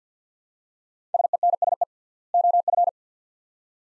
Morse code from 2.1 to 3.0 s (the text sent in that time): OF